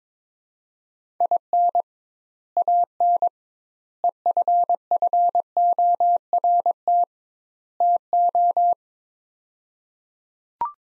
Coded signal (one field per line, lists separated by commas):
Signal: Morse code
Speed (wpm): 22 wpm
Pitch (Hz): 700 Hz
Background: none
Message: IN AN EFFORT TO